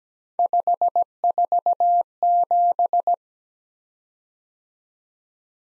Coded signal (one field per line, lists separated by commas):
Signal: Morse code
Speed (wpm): 17 wpm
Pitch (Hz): 700 Hz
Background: none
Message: 547